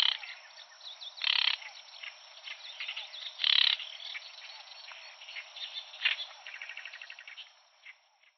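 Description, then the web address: Oriental reed warbler with two loud, grating harsh bursts followed by a stretch of scratchy, rattling chatter that fades at the end. Recorded at Watarase, Japan, on 17 June 2010. "koe ohyoshikiri 100617 watarase"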